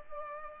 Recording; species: mosquito wingbeat signal from an infrared sensor; Culex pipiens